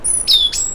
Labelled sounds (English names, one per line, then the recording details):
Stitchbird song
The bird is a male
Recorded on Tiritiri Matangi Island, New Zealand, in 2005
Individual 12, of nest box 16